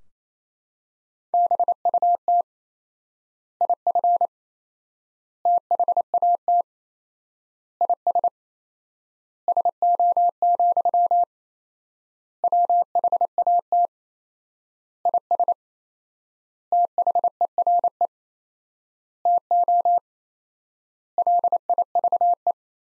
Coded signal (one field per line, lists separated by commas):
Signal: Morse code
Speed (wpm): 27 wpm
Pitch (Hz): 700 Hz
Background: none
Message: BUT IF THAT IS SO, WHAT IS THERE TO LIVE